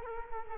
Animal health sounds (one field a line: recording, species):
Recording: mosquito wingbeat signal from an infrared sensor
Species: Culex quinquefasciatus